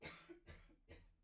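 Three short coughs in quick succession from an adult.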